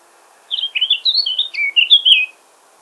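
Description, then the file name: Eurasian blackcap song, a quick run of many varied, fluty warbled notes lasting under two seconds, against an otherwise quiet background. "Sylvia atricapilla"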